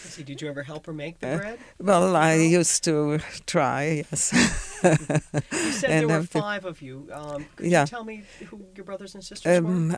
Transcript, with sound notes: Did you ever help her make the bread?
Well, I used to try, yes. (she laughs)
You said there were five of you. Could you tell me who your brothers and sisters were?
Yeah.